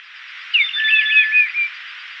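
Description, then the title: Bird song: a short, quick warbled phrase of bright whistled notes with rising and falling slurs, lasting about one second, over a steady band of hiss. "LuckyPassaro Completos2Sama"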